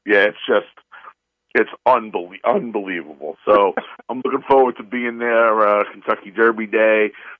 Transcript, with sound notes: Yeah, it's just... it's unbelie- unbelievable. So-
(laughs)
... I'm looking forward to being there, uh, Kentucky Derby day.